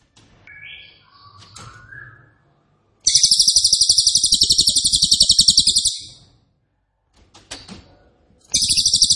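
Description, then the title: Cililin song: after some faint chirps, a three-second burst of shrill, rapid-fire trilling, a pause, then another trill starting. Loud, dense, rapid-fire song ('nembak keras dan rapat'), presented as a favourite training recording (masteran) for oriental magpie-robin, leafbird and white-rumped shama. "Cililin NEMBAK KERAS dan RAPAT masteran murai batu cucak ijo dan kacer"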